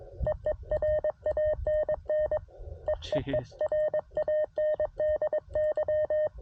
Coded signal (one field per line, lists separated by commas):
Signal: Morse code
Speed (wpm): 22 wpm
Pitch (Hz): 610 Hz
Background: none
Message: EE RANN EEE RANDY